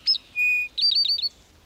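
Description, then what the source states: Eastern Towhee song: a sharp opening note, then a steady whistled tone, followed by a quick trill of five notes. Eastern form of the former rufous-sided towhee, officially split from the western form as a distinct species found in the east of North America.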